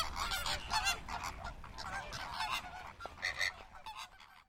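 Flamingo flock chatter, overlapping nasal honks and grunting calls in a continuous babble, fading slightly toward the end.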